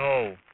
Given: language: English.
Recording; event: throat vibration sensor signal played as sound; speech